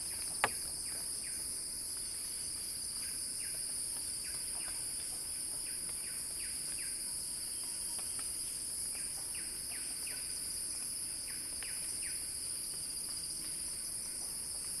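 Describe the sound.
Cicada song: an unbroken high electric buzz, with a sharp click near the start and bursts of short chirps through the middle.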